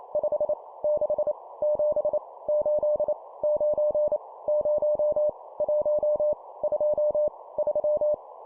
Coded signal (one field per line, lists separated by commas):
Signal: Morse code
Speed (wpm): 28 wpm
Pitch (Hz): 600 Hz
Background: none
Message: 5 6 7 8 9 0 1 2 3